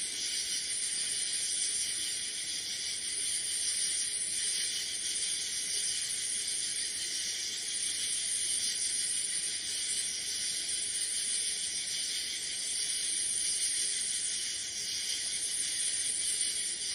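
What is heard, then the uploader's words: Cicadas drone in a dense, steady, high-pitched hiss that holds for the whole stretch, swelling slightly around four and fourteen seconds. Cicadas.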